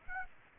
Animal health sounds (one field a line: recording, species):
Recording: mosquito wingbeat signal from an infrared sensor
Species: Aedes aegypti